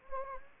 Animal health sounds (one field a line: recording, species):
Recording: mosquito wingbeat signal from an infrared sensor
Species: Anopheles gambiae